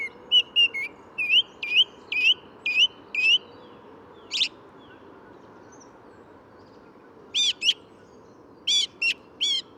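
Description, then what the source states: Song thrush song: a whistled note repeated rapidly several times, then a single note, then after a pause short groups of two or three notes, all high and clear above a constant low city hum. Sings in what looks like an ash directly above the recordist, beak seen opening with each note; Bois de Vincennes; 14 February 2019, 8–10:30 am; radiant, almost spring-like weather; Nagra Seven, Telinga pro7.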